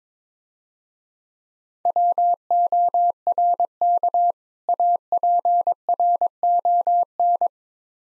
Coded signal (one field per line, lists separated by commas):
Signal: Morse code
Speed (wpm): 22 wpm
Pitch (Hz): 700 Hz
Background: none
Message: WORK APRON